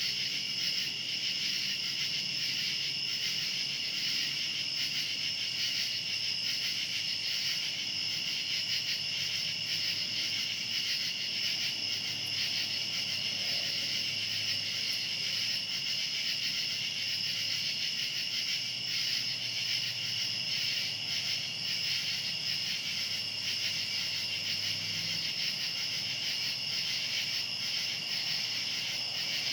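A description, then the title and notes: Cicadas buzz in a dense, unbroken high drone through the night, steady throughout, with a faint low rumble of traffic beneath. Cicadas, Night by Bandeto.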